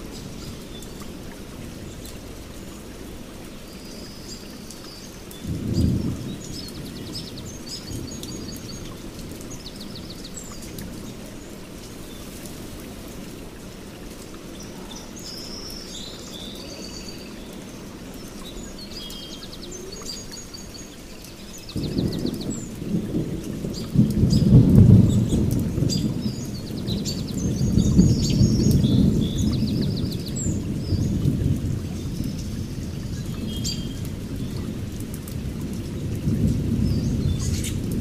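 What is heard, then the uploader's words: Steady rain patters around a forest hut, with faint bird chirps high above the hiss. A low rumble of thunder rolls briefly near six seconds, then heavier, longer rumbling builds from about 22 seconds and surges repeatedly through the end. Calming Down and Relaxation During a Storm in Your Forest Hut.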